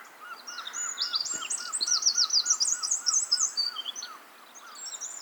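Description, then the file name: Eurasian wren song: a fast cascade of high trills and rattling notes over a softer, repeated lower chirping. "Troglodytes troglodytes"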